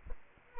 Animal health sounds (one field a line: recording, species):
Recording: mosquito wingbeat signal from an infrared sensor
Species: Culex quinquefasciatus